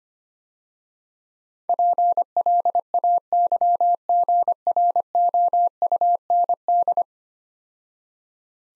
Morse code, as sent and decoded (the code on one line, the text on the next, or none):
.--. .-.. .- -.-- --. .-. --- ..- -. -..
PLAYGROUND